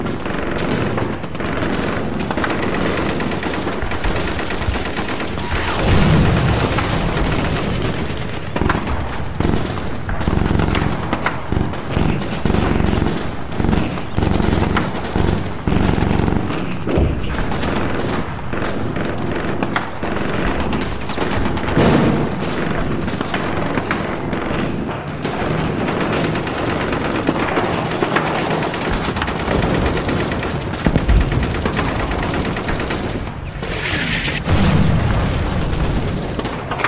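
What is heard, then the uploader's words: Wartime battle sounds: dense, continuous gunfire with rapid machine-gun bursts and heavy booming blasts, staying loud and busy throughout. WWII Sounds.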